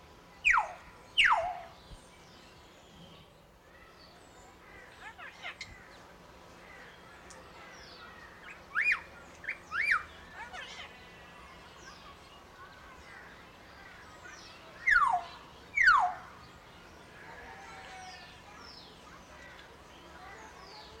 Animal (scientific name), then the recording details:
Gracula religiosa. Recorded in captivity. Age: adult. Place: Zoo Berlin, Berlin, DE. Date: 1992-08-22 12:00. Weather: heiter, 17-20°C. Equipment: Marantz CP 430, Sennheiser ME 80, Kopie Tesla B 116. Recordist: Tembrock, Günter. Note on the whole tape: Diverse Lautformen, Abstand ca. 3 m